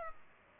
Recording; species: mosquito wingbeat signal from an infrared sensor; Culex pipiens